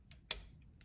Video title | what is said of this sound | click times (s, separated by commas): The EASIEST AEG Airsoft Upgrade For the M14 | There you go. So that's still moving. That is clicked into place. | 0.3 s